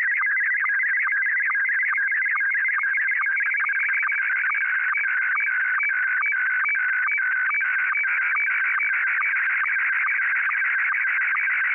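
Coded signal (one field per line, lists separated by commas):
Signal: SSTV (slow-scan television)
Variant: Scottie 1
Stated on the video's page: SSTV image tones saved to audio cassette tape and played back, rather than broadcast over radio.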